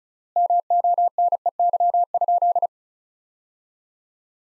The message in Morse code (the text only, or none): MONEY?